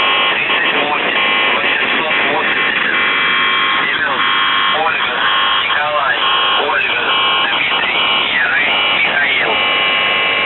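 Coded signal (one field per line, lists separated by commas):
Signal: channel marker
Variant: UVB-76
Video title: The Buzzer/UVB-76(4625Khz) June 8th, 2023 Voice messages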